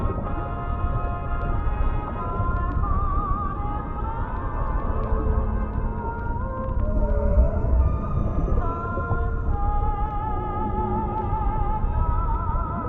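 Oldies music playing underwater, heard as muffled, wavering tones that glide and bend over a thick, constant low rumble. The melody drifts in warbling lines throughout, with no high sounds above a dull ceiling, and the level stays steady for the whole stretch.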